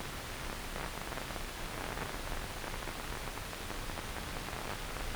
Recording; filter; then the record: brain microelectrode recording played as sound; wide band, above 20 Hz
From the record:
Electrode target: subthalamic nucleus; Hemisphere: left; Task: reaching with the right hand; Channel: 1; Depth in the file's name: 0.251 mm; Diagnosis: Parkinson's disease